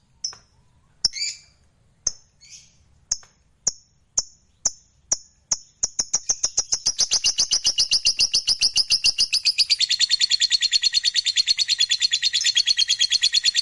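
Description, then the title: Lovebird calls start as separate sharp chirps, then speed up into a continuous rapid, shrill trilling song. Fighter-type lovebird, described as gacor, singing energetically. "Berkat SUARA Lovebird FIGHTER GACOR Ini"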